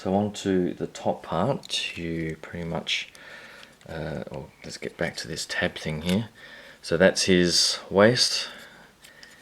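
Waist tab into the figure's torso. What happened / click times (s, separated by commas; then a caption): A plastic tab is being handled; nothing has seated yet / none. Someone talks while handling the waist section of a plastic Transformers Masterpiece MP-20 Wheeljack transforming figure, getting ready to fold it down so its waist tab clicks into the torso. Two faint, short taps of handling are heard near the end, at about 9.1 and 9.2 seconds. Nothing has seated or clicked yet.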